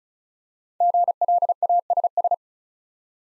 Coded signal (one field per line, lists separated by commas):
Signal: Morse code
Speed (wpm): 36 wpm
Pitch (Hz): 700 Hz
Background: none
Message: GLASS